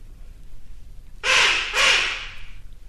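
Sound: magpies chattering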